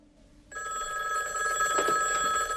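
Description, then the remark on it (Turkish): A telephone rings with a sustained, bright electronic trill of steady high tones, starting abruptly after a short quiet moment and continuing loudly to the end with no talking. “Telefon çok çaldı.”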